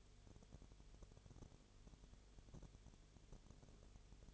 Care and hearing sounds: daily activity, microphone in the room; no activity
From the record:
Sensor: 4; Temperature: 22.0 degrees Celsius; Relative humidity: 29.5%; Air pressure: 1002.1 hPa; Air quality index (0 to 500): 59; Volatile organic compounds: 1 ppm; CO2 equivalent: 609 ppm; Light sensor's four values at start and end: 2/3/1/1 and 2/3/1/1

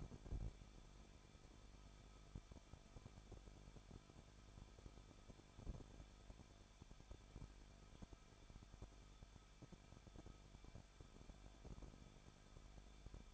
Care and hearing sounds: daily activity, microphone in the room; no activity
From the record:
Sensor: 5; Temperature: 20.7 degrees Celsius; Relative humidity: 38.7%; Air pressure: 1006.5 hPa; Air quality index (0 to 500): 193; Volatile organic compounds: 21 ppm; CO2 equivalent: 2725 ppm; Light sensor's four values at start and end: 2/3/1/1 and 2/3/1/1

